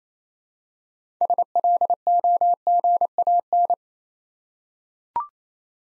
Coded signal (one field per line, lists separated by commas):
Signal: Morse code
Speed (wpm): 28 wpm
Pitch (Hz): 700 Hz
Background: none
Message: SLOGAN